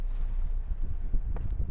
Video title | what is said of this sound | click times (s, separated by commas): ใส่เกียร์ถอยยังไงให้ถูกวิธี All New D-Max 2021 #ฝากติดตามด้วยนะครับ | ล็อคเกียร์มันจะได้แค่นี้แต่ถ้ายกแผงเมื่อไหร่มันจะมีอีกล็อคนึงฟังเสียงนะคุณแม่ | 1.4 s, 1.5 s